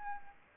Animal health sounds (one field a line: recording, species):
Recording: mosquito wingbeat signal from an infrared sensor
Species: Aedes albopictus